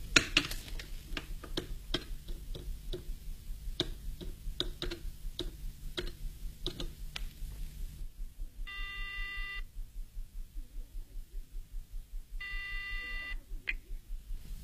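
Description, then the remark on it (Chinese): A telephone is dialed with a steady run of sharp clicks for several seconds, then the line rings twice in short, buzzing electronic trills separated by a pause. “安排停当后，夜莺马上给许文挂电话。”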